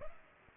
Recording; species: mosquito wingbeat signal from an infrared sensor; Culex pipiens